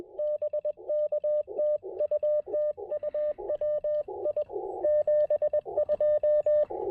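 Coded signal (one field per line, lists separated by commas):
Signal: Morse code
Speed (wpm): 20 wpm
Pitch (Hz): 600 Hz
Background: radio noise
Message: BK TU TU WI 72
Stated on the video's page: QRP park activation with CW on 20 m and 30 m.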